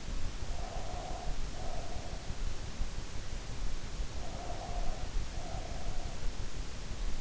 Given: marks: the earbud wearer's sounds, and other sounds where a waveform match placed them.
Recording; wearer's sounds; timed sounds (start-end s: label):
sounds in sleep by an in-ear microphone; breath
0.46-2.28 s: breath
4.06-6.25 s: breath